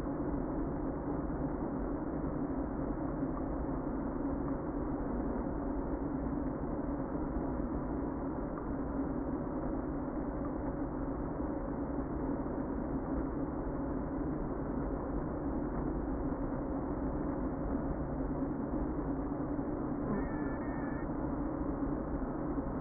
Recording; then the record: honeybee colony, microphone inside the hive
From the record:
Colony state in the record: queen present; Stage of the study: before two queens were removed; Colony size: about 60,000 bees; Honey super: yes